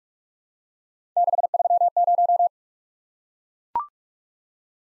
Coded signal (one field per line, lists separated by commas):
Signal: Morse code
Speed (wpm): 44 wpm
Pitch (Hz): 700 Hz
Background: none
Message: 630